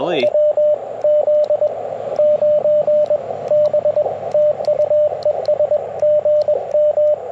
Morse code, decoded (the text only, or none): WZ9B TU ES GM